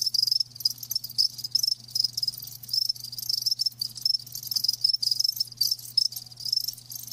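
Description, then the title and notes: Crickets chirping in shrill rapid pulses, bursts following closely one after another, with a quiet low hum throughout. Live crickets chirping. "Live Crickets Chirping. RainManCJ"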